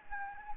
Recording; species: mosquito wingbeat signal from an infrared sensor; Anopheles gambiae